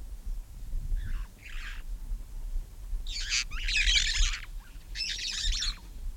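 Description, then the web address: Red-fronted parrot, a couple of soft screeches, then loud harsh grating squawks in two bouts toward the end, over steady low background noise. "parrots poicephalus-gulielmi"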